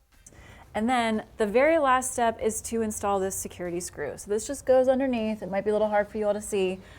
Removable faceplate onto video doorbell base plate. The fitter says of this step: This is really easy, it just snaps into place.